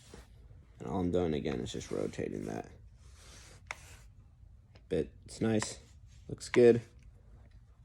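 Someone talks while rotating the motor of a DeWalt brushless router in its router base to adjust depth, with light handling noises and a brief sharp tick around 3.7 seconds. The base clamp has not yet been locked, and nothing has seated or clicked yet.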